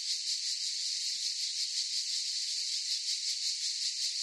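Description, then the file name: Cicadas buzzing together, a bright sizzling drone with a soft rhythmic swell, unbroken from start to end. Chorus of several cicadas in a forest. "gain walkers CICADAS Forest Chorus"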